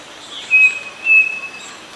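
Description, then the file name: Bird gives two steady, pure whistled notes over a soft background hiss. "SABIOD 50 bird 2015"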